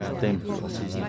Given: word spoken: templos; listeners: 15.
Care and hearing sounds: one Spanish word in noise, from a listening test; eight-talker babble; 0.3 dB; 0 of 15; 7 of 15; 0.69 s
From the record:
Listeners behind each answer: 7, 2, 2, 1, 1, 1, 1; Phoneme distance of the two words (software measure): 41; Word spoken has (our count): 2 syllables, 7 phonemes, stress on syllable 1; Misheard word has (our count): 3 syllables, 6 phonemes, stress on syllable 2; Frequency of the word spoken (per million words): 10.21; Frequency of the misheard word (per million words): 10.44

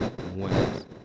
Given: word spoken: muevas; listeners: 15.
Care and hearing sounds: one Spanish word in noise, from a listening test; noise modulated by one talker; -8.5 dB; 0 of 15; 9 of 15; 0.65 s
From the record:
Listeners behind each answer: 9, 4, 2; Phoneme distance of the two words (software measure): 20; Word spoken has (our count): 2 syllables, 6 phonemes, stress on syllable 1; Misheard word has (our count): 2 syllables, 6 phonemes, stress on syllable 1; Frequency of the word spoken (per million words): 1.35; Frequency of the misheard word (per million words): 1.28

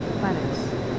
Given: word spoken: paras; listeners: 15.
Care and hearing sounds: one Spanish word in noise, from a listening test; speech-shaped noise; -5.3 dB; 1 of 15; 6 of 15; 0.60 s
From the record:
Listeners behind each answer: 6, 3, 3, 1, 1, 1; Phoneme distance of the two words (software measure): 10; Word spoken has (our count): 2 syllables, 5 phonemes, stress on syllable 1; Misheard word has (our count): 2 syllables, 5 phonemes, stress on syllable 1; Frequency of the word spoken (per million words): 0.73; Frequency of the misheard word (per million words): 11.99

